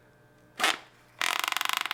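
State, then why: Seated. A Kore Essentials X7 gun belt is pulled through its ratchet buckle, and the buckle's pawl clicks over the grooved ratchet track on the back of the belt. After a short broadband burst near 0.6 s, a rapid run of sharp ratcheting clicks starts at 1.2 s, with clicks at 1.6, 1.6, 1.7 and 1.8 s. The belt engages and tightens in the buckle.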